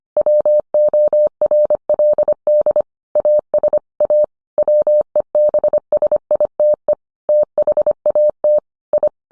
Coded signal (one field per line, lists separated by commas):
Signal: Morse code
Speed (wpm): 25 wpm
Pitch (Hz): 600 Hz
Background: none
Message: WORLD AS A WEBSITE THAT I